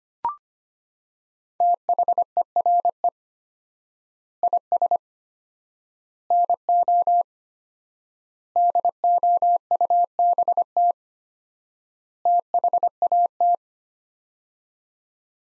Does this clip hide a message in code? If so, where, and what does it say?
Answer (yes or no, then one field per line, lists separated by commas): yes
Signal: Morse code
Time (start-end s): 1.6-13.6 s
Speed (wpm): 25 wpm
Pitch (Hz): 700 Hz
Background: none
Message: THERE IS NO DOUBT THAT